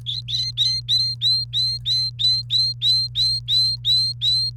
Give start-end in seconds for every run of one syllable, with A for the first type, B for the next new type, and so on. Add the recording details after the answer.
0.06-4.50 A. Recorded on 28 April 2018 at 11:05. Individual llb3